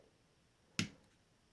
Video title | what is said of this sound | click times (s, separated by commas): Glock Frame Detail Strip | now this is one also that will snap in | 0.8 s